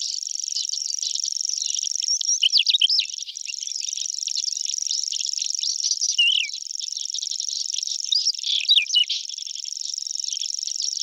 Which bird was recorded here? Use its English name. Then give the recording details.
Whinchat. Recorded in the wild. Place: Waltershofen / Freiburg im Breisgau, Baden-Württemberg, DE. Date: 1976-06-12. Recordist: Schwarz, Dieter